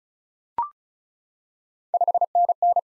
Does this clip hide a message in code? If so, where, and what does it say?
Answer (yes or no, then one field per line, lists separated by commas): yes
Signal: Morse code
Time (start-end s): 1.9-2.8 s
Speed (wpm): 36 wpm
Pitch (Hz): 700 Hz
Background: none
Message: 5NN